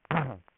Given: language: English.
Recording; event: throat vibration sensor signal played as sound; throat clearing